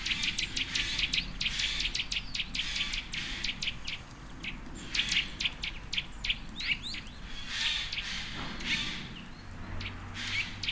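Birds twittering in a dense chorus of quick high chirps, thinning in the middle then building again, with low rumbling noise underneath.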